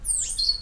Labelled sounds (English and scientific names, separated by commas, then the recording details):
Stitchbird (Notiomystis cincta) song
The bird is a male
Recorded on Tiritiri Matangi Island, New Zealand, in 2005
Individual 19, of nest box 27